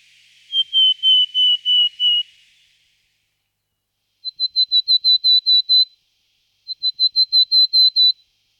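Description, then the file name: Willow tit calling in repeated series: six clear, slightly falling whistled notes, then two quicker runs of about eight higher piping notes, separated by short pauses. Alpine subspecies Parus montanus montanus. "Sykora luzni alpska Parus montanus montanus"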